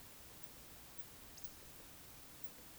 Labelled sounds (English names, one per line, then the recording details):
Eurasian Woodcock whistle
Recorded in Baden-Württemberg, Germany, on 11 June 2021 at 20:25 UTC
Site 24608, 624 m above sea level